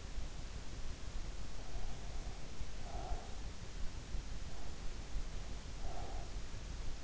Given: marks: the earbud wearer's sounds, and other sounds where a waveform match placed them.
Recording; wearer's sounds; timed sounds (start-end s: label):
sounds in sleep by an in-ear microphone; breath
1.56-3.41 s: breath
4.52-6.43 s: breath